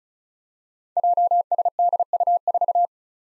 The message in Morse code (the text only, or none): JSDU4